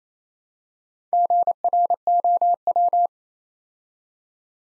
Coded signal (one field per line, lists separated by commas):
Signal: Morse code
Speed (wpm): 28 wpm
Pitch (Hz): 700 Hz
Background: none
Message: GROW